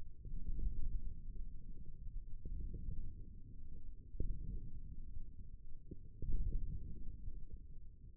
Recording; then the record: forearm muscle sounds (acoustic myography)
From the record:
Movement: forearm supination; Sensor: system 1, eight BSWA MPA416 microphones around the upper forearm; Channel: 1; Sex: male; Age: 28 years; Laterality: right